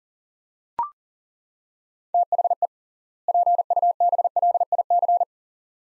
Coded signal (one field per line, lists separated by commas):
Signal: Morse code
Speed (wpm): 40 wpm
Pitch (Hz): 700 Hz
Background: none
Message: THE PUBLIC